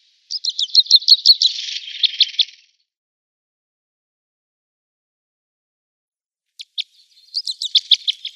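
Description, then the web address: Common crossbill calls: rapid run of sharp high chip notes, then a softer buzzy trill, a pause, and a few more clipped notes with a short chattering burst. "Schulze Peter Common Crossbill calls"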